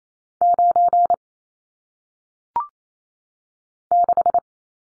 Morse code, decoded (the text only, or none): 9 6